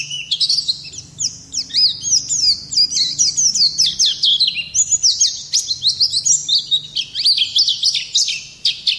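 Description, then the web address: White-eye song, a lively run of high, quick chirps and descending slurred notes delivered continuously in a busy warble. Long song, used for song-training of birds (masteran). "pleci ngalas panjang. masteran pleci"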